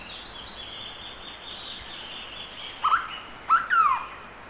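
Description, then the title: Hooded berryeater calls: after a quiet start, a short rising note, then a short note and a longer falling slurred note near the end, over a steady high hiss. "LuckyPassaro Completos2Sama. Hooded Berryeater (Carpornis cucullata)"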